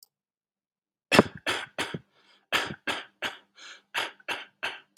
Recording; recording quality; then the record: shallow voluntary cough; excellent, no background noise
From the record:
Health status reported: healthy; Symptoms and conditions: none ticked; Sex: male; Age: 34 years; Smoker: not ticked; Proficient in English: yes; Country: India